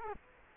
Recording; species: mosquito wingbeat signal from an infrared sensor; Culex quinquefasciatus